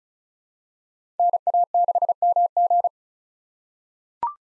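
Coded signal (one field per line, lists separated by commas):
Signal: Morse code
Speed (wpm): 36 wpm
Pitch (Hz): 700 Hz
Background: none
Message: NA6MG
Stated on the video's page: Head-copy drill of common 2023 SOTA chaser call signs at 35 wpm; each call is sent in Morse, spoken, then sent again.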